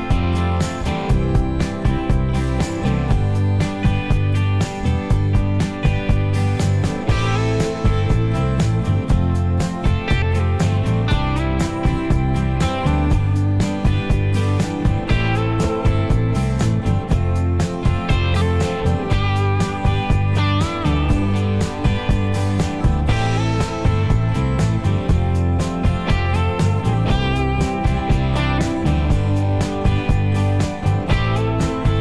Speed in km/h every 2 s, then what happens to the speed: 74, 72, 74, 74, 74, 74, 74, 74, 74, 77, 81, 82, 85, 85, 84, 84.
0-16 steady at about 74. 16-24 speeds up to 85. 24-32 steady at about 84.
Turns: none.